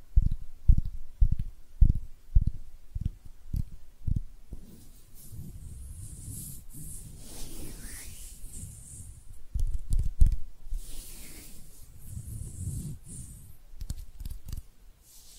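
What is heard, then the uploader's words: Hand sounds: a regular run of soft low taps for four seconds, then steady rubbing and brushing with a hiss, a few scattered taps within. ASMR Relaxing Hand Sounds (No Talking).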